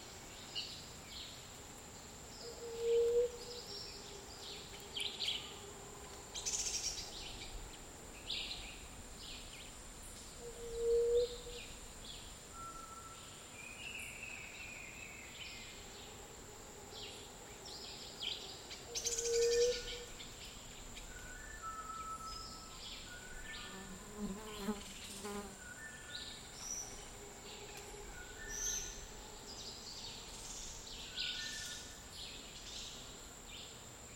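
Dry forest around midday, with a steady high insect whine running through the whole recording. A low, pure call repeats about every eight seconds, near 3, 11 and 19 seconds. Scattered short bird chirps and soft rustles come and go.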